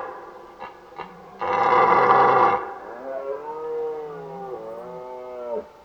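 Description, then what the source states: Red deer bellow: two short sounds, then a loud rasping roar, trailing into a long, quieter, wavering moaning groan. Old stag roaring during the rut (burlen).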